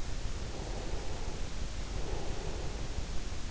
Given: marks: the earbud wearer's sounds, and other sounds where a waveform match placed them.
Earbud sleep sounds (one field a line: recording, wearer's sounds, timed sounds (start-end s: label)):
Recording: sounds in sleep by an in-ear microphone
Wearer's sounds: breath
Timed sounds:
0.42-3.08 s: breath